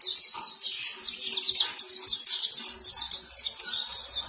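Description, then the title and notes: White-eye song, quick high twittering notes repeated in an even, bouncing rhythm over a few seconds. Sweet long song. "Kicau Burung Pleci ampuh. suara burung pleci merdu panjan"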